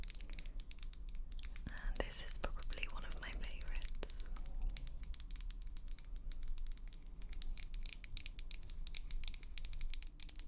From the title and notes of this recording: ASMR Lip Stick Try-On & Assorted Sounds.